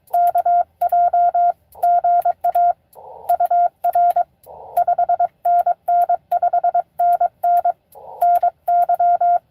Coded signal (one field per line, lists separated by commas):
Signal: Morse code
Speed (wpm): 22 wpm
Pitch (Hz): 690 Hz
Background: none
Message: KJ GA UR 5NN 5NN NY